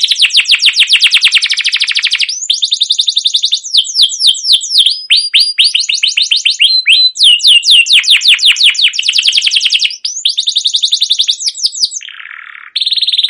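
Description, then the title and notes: Canary song, a long unbroken run of rapid high trills and chirps, switching between fast rattles and sweeping downslurred notes, with a lower buzzy phrase near the end. Long continuous chirping canary song, used as a lure to prompt young canaries to sing and learn. "CUIT CUIT NGEROL LANGSUNG GACOR PANJANG Kenari Ini Utk Pancingan KENARI PAUD BELAJAR BUNYI. burung kenari"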